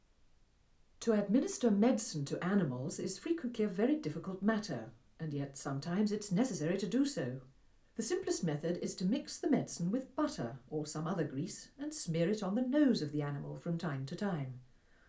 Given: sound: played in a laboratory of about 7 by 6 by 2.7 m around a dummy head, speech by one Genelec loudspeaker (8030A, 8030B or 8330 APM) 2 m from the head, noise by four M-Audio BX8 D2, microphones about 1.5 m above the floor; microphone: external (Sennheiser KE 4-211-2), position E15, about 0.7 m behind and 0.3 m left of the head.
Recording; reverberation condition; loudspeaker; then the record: female speech in English; low; 90 degrees to the right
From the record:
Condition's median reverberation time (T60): about 310 ms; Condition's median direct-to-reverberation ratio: about 3.5 dB